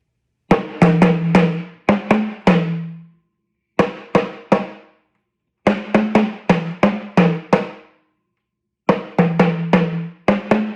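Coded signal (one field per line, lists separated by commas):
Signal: talking drum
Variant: Yoruba sakara drum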